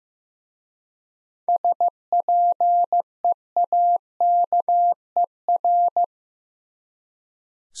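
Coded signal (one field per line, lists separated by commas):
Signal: Morse code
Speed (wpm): 15 wpm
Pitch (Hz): 700 Hz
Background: none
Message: SPEAKER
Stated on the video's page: Morse code word-copying practice at 15 wpm, using contextual hints to prime the listener.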